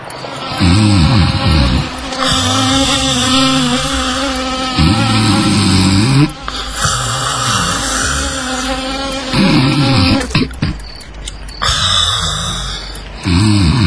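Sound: person snoring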